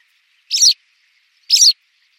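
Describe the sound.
White wagtail calls: two bright, sharp chirps about a second apart in quiet surroundings.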